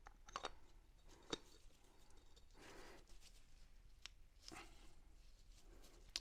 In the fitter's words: He doesn't want to seat properly. Oh, there we go. He just pops into place.